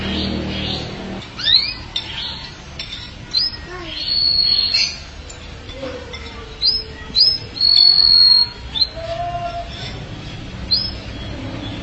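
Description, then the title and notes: Canary song mixing varied chirps, short whistles and brief trills in irregular bursts, with a couple of longer pure tones; low rumble early on. "BM Suara Kenari. BM Suara Burung Kenari"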